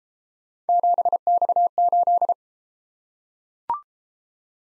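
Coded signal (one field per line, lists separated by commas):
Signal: Morse code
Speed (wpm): 30 wpm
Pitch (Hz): 700 Hz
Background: none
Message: 7X8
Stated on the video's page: Morse practice drill of three-character letter-number groups that starts fast and slows to a 22 wpm base, with a final repeat at maximum speed.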